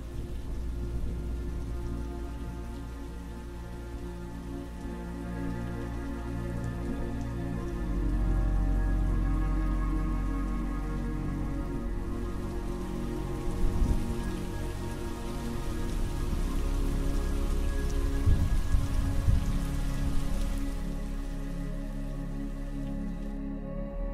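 Heavy rain pours down steadily for the whole stretch, a dense, hissing wash with a low rumbling undertone that swells slightly midway and never lets up.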